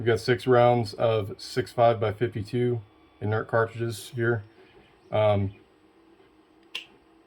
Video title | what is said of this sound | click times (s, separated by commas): 3D Printed Carcano Clip Demonstration | I don't know if you can hear that click, but they click into place. | 6.7 s